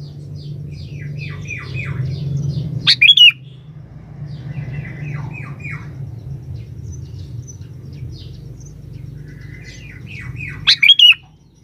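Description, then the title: Sooty-headed bulbul singing: soft twittering series of falling notes, broken twice by loud sharp squawky bursts about eight seconds apart, with a steady low hum throughout. "Kutilang"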